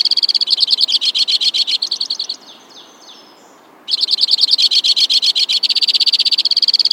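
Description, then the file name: White-winged crossbill song: a fast rattling trill, a brief pause with a few soft slurred notes, then the rapid trill resumes and continues. "suara-kicauan-burung-white-winged-crossbill -omkicau"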